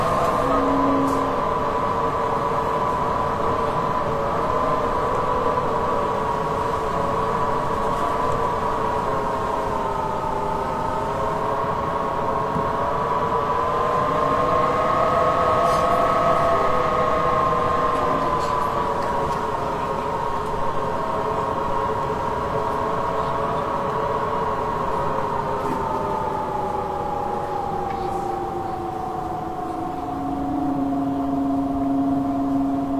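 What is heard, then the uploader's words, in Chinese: A typhoon's wind howls outside a window at night, making a steady, moaning whistle with several layered tones that slowly rise and fall in pitch. The howl swells a little louder around the middle, then sinks lower toward the end over a constant low rumble. 台风入夜，在窗外叫嚣。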